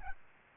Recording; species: mosquito wingbeat signal from an infrared sensor; Aedes albopictus